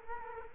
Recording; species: mosquito wingbeat signal from an infrared sensor; Culex quinquefasciatus